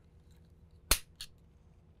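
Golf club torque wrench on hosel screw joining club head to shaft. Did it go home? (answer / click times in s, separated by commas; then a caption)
yes / 0.9 s. A torque wrench turns clockwise to tighten the hosel screw joining a Cobra MyFly golf club head to its shaft, set to minus 1.0 with the D in the hosel window. At 0.9 s the wrench gives a sharp, loud click at its torque setting, securing the adjustable hosel to the shaft. A fainter, brighter click follows at 1.2 s over a low background hum.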